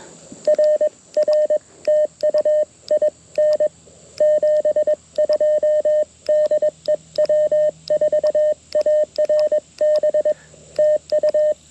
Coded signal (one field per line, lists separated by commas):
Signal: Morse code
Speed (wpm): 21 wpm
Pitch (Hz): 610 Hz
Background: radio noise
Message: RR TU IN 72 DE W4ARB TU